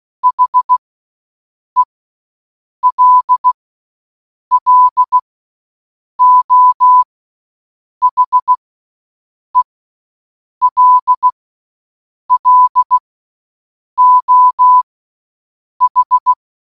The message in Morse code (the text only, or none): HELLO HELLO H